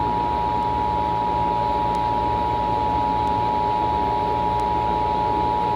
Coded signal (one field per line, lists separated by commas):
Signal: Emergency Alert System (SAME) tones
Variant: 853 and 960 Hz attention tone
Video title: (Credit to Everyone) Cold Local on the 8s and Cold Emergency Alert System 8/10/2020